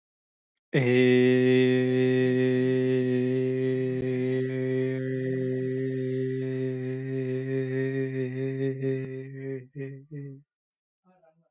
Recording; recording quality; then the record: sustained vowel as in made; excellent, no background noise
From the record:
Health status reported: healthy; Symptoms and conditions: breathing difficulty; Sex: male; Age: 25 years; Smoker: not ticked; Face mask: not worn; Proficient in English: yes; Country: India